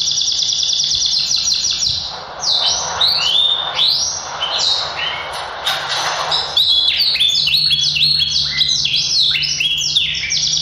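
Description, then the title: Yorkshire canary song, loud, mixing rapid chopped trills with swooping rising and falling whistled notes, a faint low hum underneath. Yorkshire canary singing a very long song. "Kenari Yorkshire. Suaranya Super Panjang"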